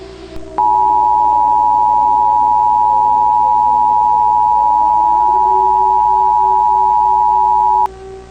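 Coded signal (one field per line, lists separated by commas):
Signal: Emergency Alert System (SAME) tones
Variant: 853 and 960 Hz attention tone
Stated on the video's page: Fictional Emergency Alert System scenario presented as a found tape; nothing depicted really happened.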